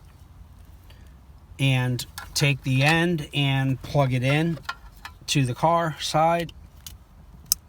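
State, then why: Seated. Someone talks while the end of the plug-and-play harness from a Kicker KEY 200.4 200-watt amp kit is pushed into the vehicle-side plastic wiring connector on a 2015–2022 Ford F150 or 2017–2022 Ford F250–450. The connector latches with a sharp click at 7.5 s, and the harness is seated.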